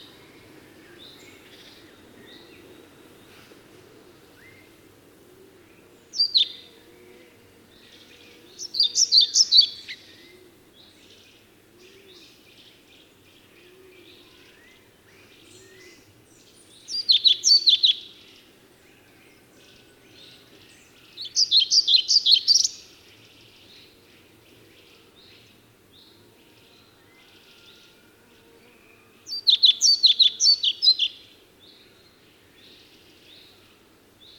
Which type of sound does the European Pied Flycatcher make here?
song